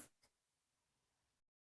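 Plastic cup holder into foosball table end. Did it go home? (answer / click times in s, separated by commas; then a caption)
no / none. A plastic cup holder is slid into its slot at the end of a KICK Royalton 55" foosball table during assembly. A short burst of handling noise opens the clip, followed by a faint knock at about 0.2 s, then only low, quiet rustle until silence at about 1.5 s. Nothing has seated or snapped into place yet.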